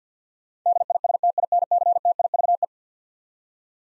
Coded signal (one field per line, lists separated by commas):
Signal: Morse code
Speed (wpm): 47 wpm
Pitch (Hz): 700 Hz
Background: none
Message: DISTINCTIVE